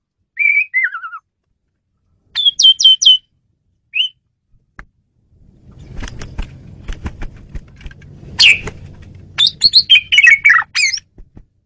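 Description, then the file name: Asian pied starling calls: a falling whistle, a short squeaky run, then busier chattering over a low rumbling background. Female bird, used as a lure (pemikat) bird. "jalak suren betina pemikat"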